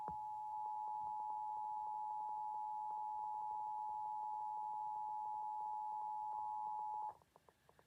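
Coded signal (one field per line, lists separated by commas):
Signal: Emergency Alert System (SAME) tones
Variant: 853 and 960 Hz attention tone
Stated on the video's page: Required Monthly Test EAS tones aired on TV station WPVI-TV, 6ABC Philadelphia, in Pennsylvania.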